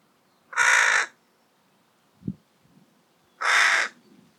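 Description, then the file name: Carrion crow uttering two loud, grating caws about three seconds apart, with a soft knock between them. "Corvus corone"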